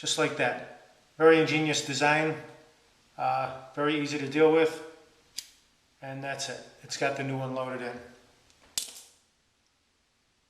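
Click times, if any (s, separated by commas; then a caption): 8.8 s. A new single-edge steel blade is injected into the head of a Schick Injector razor and pushed forward until it is fully seated. Someone talks, then there is a faint tick at 5.4 s and a sharp, bright snap at 8.8 s as the blade clicks into place.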